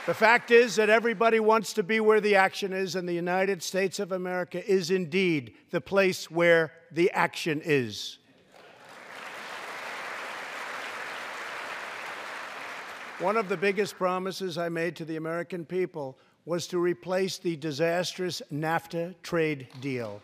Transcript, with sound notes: The fact is that everybody wants to be where the action is, and the United States of America is indeed the place where the action is. (Applause.) One of the biggest promises I made to the American people was to replace the disastrous NAFTA trade deal.